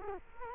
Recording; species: mosquito wingbeat signal from an infrared sensor; Culex quinquefasciatus